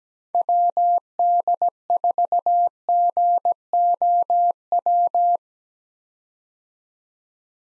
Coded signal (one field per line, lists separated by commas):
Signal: Morse code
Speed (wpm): 17 wpm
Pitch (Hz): 700 Hz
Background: none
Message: WD4GOW